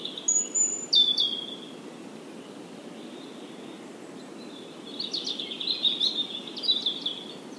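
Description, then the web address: European robin song: a brief high whistled phrase opens, then a pause, then a longer sparkling run of thin notes and trills, with soft hiss behind. "SETE Erithacus rubecula"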